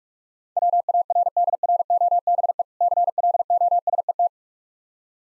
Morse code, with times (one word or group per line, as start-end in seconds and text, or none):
0.6-2.6 WARDROBE
2.8-4.3 CLOSET